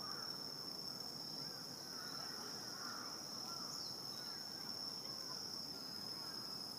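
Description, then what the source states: Continuous high cricket trill fills the whole recording, with a few faint, lower sounds mixed in. Crickets recorded in Shibuya, Tokyo, Japan.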